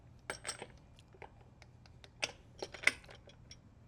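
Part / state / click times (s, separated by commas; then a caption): click-type torque wrench on a wheel bearing hub bolt / torque reached / 2.9 s. A click-type torque wrench set to its maximum of 50 tightens a front wheel bearing hub bolt, with sharp metallic clinks and ratcheting taps at about 0.3 s and 2.2 s. The wrench gives its loudest, sharpest click at 2.9 s, showing it has reached its maximum setting of 50.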